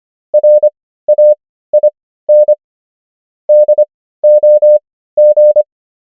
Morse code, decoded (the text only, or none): RAIN DOG